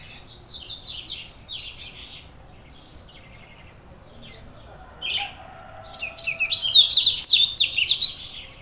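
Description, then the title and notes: Birds chirping and twittering rapidly in overlapping high phrases, growing louder and denser toward the end, with faint low background hum. Birds singing at a neighbour's house, Bahia, Brazil, 9 June 2017 at 06:00, recorded on a handheld Sony PCM-D50 recorder in stereo. "Pássaros cantando na casa do vizinho, carro passando. Data: 09/06/2017 Horário: 06:00. Hanna Vasconcelos"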